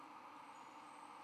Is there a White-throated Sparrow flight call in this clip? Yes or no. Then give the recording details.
no. No flight call is heard. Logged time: 03:43 on 13 November 2014